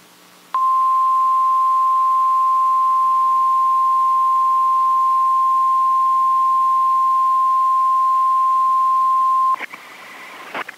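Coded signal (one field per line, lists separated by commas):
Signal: Emergency Alert System (SAME) tones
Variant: 1050 Hz attention tone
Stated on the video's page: NOAA Weather Radio broadcast with weekly test, transmitter in Charlotte Amalie serving St. Thomas, recorded on an HH54VP2 receiver through a USB sound card; valid tones.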